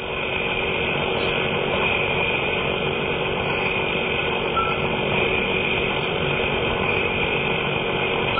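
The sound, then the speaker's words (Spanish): A persistent electronic beeping tone, said to come from a large oval light hovering over a building, drones steadily over thick tape hiss on an old tape-recorder recording, unbroken for the whole stretch, with a muffled, lo-fi quality and no voices. “una gran luminosidad ovalada que planeaba sobre un edificio próximo parecía ser la causante del persistente bip que les había despertado.”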